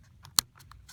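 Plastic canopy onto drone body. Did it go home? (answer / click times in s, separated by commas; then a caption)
yes / 0.4 s. A plastic canopy is pressed down onto a drone body and clips into place with a sharp, bright snap at 0.4 s. Fainter clicks and handling noises come before and after it, and the canopy ends up seated.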